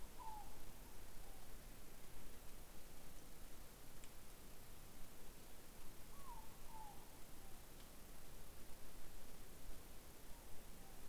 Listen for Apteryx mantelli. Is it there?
no